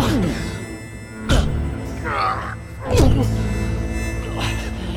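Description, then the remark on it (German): A man groans and pants with effort while carrying a dancer on his shoulders through streets, low strained moans broken by a couple of sharp, heavy breaths or thuds, over a steady low background hum. “Aufgeputscht mit Thorazin, keuchend und stöhnend durch unbekannte, unfreundliche Straßen.”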